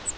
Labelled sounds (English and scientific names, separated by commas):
Grace's Warbler (Setophaga graciae) flight call